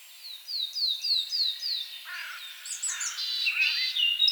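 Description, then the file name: Eurasian blackcap song: a run of quick high descending notes, then a varied burst of scratchy and fluty phrases. "Sylvia atricapilla"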